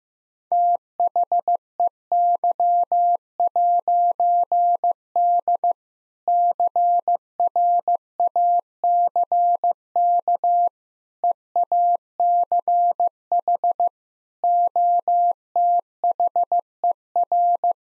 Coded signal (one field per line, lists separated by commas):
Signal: Morse code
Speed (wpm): 16 wpm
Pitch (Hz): 700 Hz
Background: none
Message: THEY'D CRACK EACH OTHER